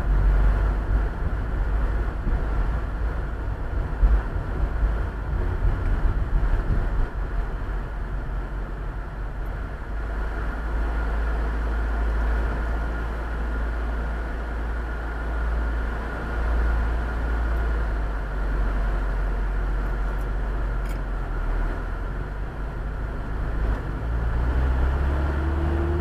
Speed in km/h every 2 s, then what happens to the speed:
25, 29, 31, 29, 24, 19, 0, 0, 0, 0, 0, 3, 9.
0-4 speeds up to 31. 4-12 brakes to 0. 12-21 standing. 21-26 pulls away to 9.